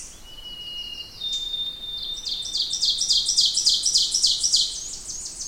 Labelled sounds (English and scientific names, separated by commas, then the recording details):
Ovenbird (Seiurus aurocapilla) song
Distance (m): 5 m
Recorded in boreal forest in Alberta, Canada, on 20 June 2016 at 06:41
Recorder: SongMeter 3, array SBT-6-81
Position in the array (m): 5 m, 287 m
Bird 26